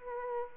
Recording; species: mosquito wingbeat signal from an infrared sensor; Anopheles arabiensis